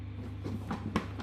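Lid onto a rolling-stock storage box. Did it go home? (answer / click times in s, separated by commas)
no / none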